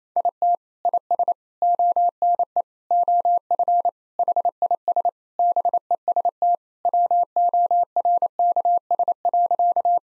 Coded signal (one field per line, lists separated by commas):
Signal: Morse code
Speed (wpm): 27 wpm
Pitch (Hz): 700 Hz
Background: none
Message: IT IS ONE OF HIS BEST WORKS.